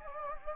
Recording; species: mosquito wingbeat signal from an infrared sensor; Anopheles gambiae